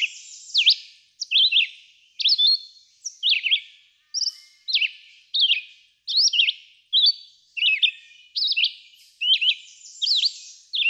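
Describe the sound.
Red-eyed vireo song: short slurred whistled phrases, rising and falling, repeated steadily with brief pauses, no other sounds.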